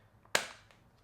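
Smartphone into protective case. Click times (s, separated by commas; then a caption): 0.3 s. A natural titanium iPhone 16 Pro Max is pressed into a Spigen Ultra Hybrid T case of hard plastic with a TPU bumper, and its edges snap in. A faint tick at 0.3 s is followed by one sharp, loud click at 0.4 s that fades out, then a softer tick at 0.7 s. The phone seats in the case with a tight fit.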